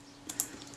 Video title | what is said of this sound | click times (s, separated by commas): Bad Retina Ia, and very ugly with it too, part 03 | the shutter is now cocked everything's locked into place | 0.4 s